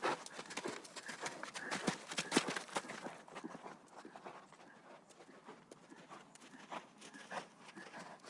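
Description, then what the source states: Hoofbeats of galloping horses, heavy and rapid at first, then thinning to softer, scattered thuds after about three seconds. Horses galloping outside on sand.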